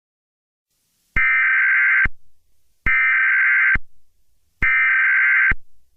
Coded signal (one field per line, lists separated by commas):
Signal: Emergency Alert System (SAME) tones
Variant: header bursts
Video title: EAS Scenario - Jurassic World: Reclamation